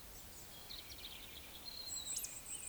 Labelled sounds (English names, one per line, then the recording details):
Eurasian Woodcock whistle
Eurasian Woodcock croak
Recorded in Baden-Württemberg, Germany, on 20 May 2021 at 19:38 UTC
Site 24606, 635 m above sea level